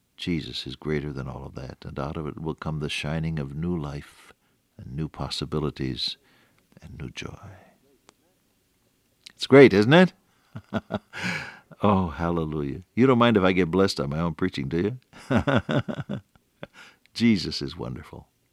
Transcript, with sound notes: Jesus is greater than all of that, and out of it will come the shining of new life, and new possibilities, and new joy. It’s great, isn’t it? [chuckle] Oh, hallelujah. You don’t mind if I get blessed on my own preaching, do you? [chuckle] Jesus is wonderful.